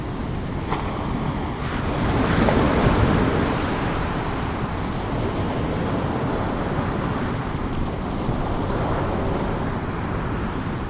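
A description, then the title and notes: Pacific ocean waves wash against a sandy beach in a steady, dense rush of low surf noise. One wave swells and breaks a little louder around two to three seconds in, then the wash settles into an even roar, with some wind buffeting the microphone. Gentle Pacific Ocean Waves. Pacific ocean waves rolling against a soft sandy beach.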